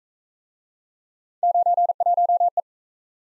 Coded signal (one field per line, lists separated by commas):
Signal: Morse code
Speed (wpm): 41 wpm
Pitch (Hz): 700 Hz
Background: none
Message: 91E